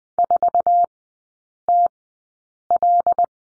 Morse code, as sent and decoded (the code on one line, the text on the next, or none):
....- - .-..
4TL